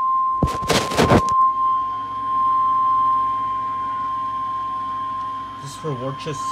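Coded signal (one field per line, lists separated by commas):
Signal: Emergency Alert System (SAME) tones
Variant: 1050 Hz attention tone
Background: speech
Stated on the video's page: Real severe thunderstorm warning in Massachusetts.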